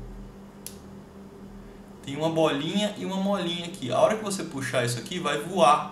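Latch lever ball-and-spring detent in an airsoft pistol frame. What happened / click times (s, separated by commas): A small latch clicked into its detent / 0.7 s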